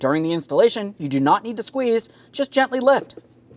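Someone talks while the plastic glove box door of a 2007-2014 Ford Edge, its bottom hooks already placed in the dash, is gently lifted toward the dash opening, with no squeezing needed, during a blower motor resistor replacement. The door's side locking tabs have not latched yet, and nothing has seated or clicked before the clip ends.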